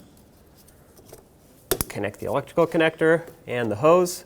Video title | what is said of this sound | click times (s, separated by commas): How to Replace Charcoal Canister 2013-2020 Nissan Pathfinder | lock it down | 1.7 s